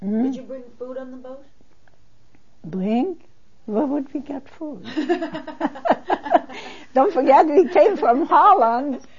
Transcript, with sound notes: Did you bring food on the boat?
Bring? Where would we get food? (They laugh.) Don't forget, we came from Holland.